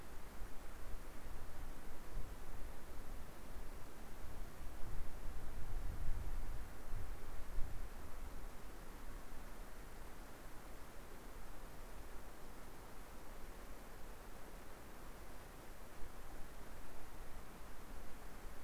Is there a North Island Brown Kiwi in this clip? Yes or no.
no